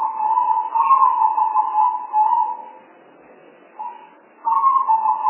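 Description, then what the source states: Spotted dove coos, a long purring phrase followed by a pause, a brief note, then another phrase starting. Spotted dove sounds used as a lure call to attract the birds.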